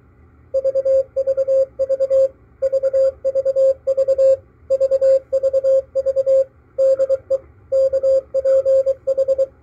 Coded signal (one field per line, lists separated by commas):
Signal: Morse code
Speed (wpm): 23 wpm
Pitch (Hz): 540 Hz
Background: none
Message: VVV VVV VVV DE KPH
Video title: KPH San Francisco - MALAHITEAM DSP-2 sdr receiver 3-26-2022